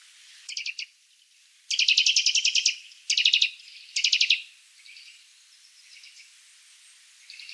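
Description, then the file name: Eurasian nuthatch giving bursts of rapid, high trilled notes, the loudest in the first four and a half seconds, then fainter chattering afterwards. "Sitta europaea"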